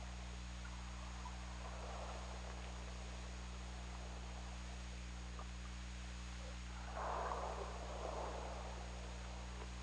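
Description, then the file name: Killer whale calls underwater: two hoarse bursts in quick succession near the end, over a steady low hum and hiss. OrcaLab hydrophone, 17 February 2018 at 22:36:19. "Orca Lab UTLN JASON 20180217 223619"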